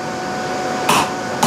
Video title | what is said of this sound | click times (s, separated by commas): HSK63F Tool Holder Setup | nut until we get a click. Like that. Once it clicks, we're done. | 0.9 s, 1.4 s